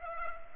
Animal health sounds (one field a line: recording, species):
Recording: mosquito wingbeat signal from an infrared sensor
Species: Culex pipiens